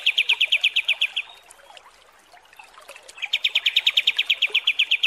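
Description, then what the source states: Kapas tembak song: rapid trains of sharp, even chirps, a pause, then a second long repeated run. Masteran training recording used to tutor cage birds, described as a deluxe version.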